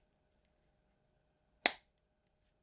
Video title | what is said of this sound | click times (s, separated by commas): Dragonbond: Lords Of Vaala Unboxing! | Man, hear that snap? | 1.7 s